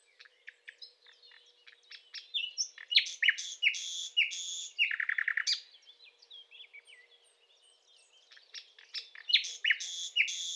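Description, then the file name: Common nightingale song: varied, rich phrases mixing harsh buzzy notes, whistles and a rapid repeated series. "Luscinia megarhynchos"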